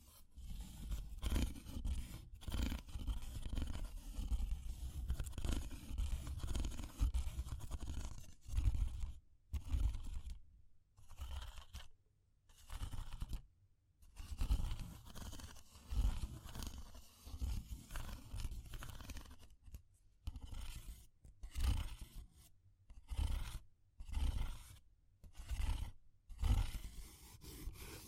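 A fire crackles and rumbles with a heavy low roar, broken by scratchy, scraping bursts. For the first nine seconds the sound is dense and continuous; after that it breaks into short clusters with brief silent gaps roughly every second or two.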